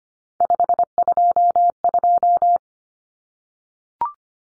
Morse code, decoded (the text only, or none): 522